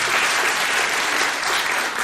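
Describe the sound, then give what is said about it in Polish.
An audience at a live radio event with politicians applauds in a steady, dense wash of clapping that stays loud and even throughout, with no pauses and no distinct voices rising above it. “Zdecydowanie zachęcamy do bicia brawa.”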